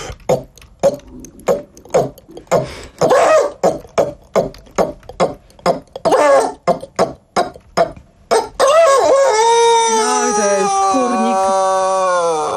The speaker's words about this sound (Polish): A kogut, on sprawuje nad tym wszystkim pieczę. On czuwa i tutaj to wszystko słychać w tym jego gdakaniu.